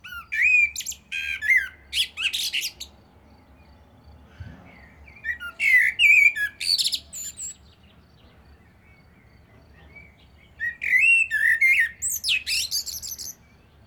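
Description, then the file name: Common blackbird song, three separate phrases with long pauses between, each of rich, rising and falling fluted whistles finished by a burst of high scratchy twittering. "Turdus merula"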